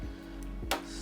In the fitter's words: everything will just snap into place and you can put the screw goes in first everything just